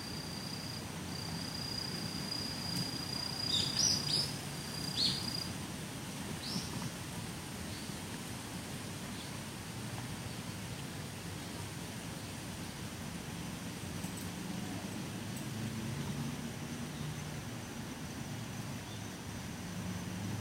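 Wind rushes steadily through the trees, a low continuous roar that swells and eases slightly. In the first five seconds a thin, high bird whistle holds and a few quick chirps break out, then only scattered faint high calls remain under the wind.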